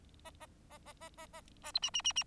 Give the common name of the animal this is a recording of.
Bengalese Finch